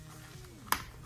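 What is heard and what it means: A plastic arm part of a Transformers Legacy Menasor combine and upgrade kit toy is brought down so its tab seats into the side slot of the figure. A single sharp, bright snap is heard at 0.7 s over a quiet background with a faint low hum. The tab snaps into place and the arm is seated.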